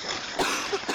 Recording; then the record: coughing mixed with background sound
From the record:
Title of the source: 64 coughing, allergies, singing lungs